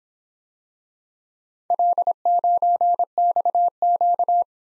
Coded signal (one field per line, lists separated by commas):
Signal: Morse code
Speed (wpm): 25 wpm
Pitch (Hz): 700 Hz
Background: none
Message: L9XQ